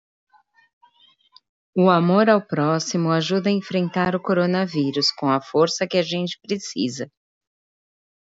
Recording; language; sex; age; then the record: spoken sentence; Brazilian Portuguese; female; 40 to 49 years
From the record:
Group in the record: control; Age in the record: 49 years